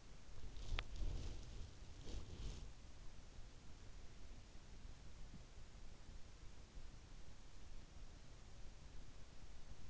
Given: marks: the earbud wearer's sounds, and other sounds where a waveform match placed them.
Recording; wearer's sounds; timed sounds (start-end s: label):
sounds in sleep by an in-ear microphone; body movement
0.00-3.29 s: body movement